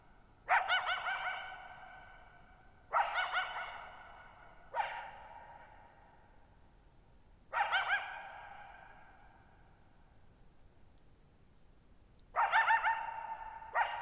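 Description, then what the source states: Coyote barking repeatedly in rough, harmonic bursts a few seconds apart, each followed by a long fading echo. Lone coyote, night of July 14, 2019, Thirtymile Meadows, Okanogan National Forest, Pacific Northwest, 6400 ft; shallow-bowl meadow on dry high plateau, boggy ground, very low noise.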